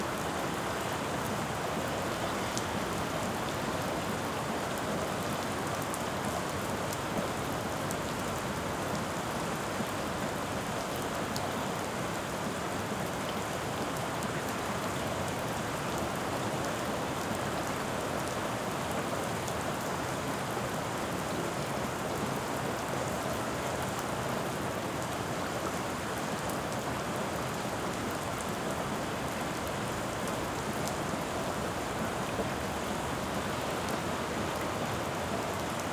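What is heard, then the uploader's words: Steady rain falls through the whole stretch on a rainy night in the city, a dense, even hiss with no letup. The sound is full, spread from low rumble to bright spatter, with a few faint clicks of drops standing out now and then. In this episode, you will hear a rainy night in New York.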